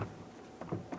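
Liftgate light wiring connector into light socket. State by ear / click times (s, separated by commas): not seated / none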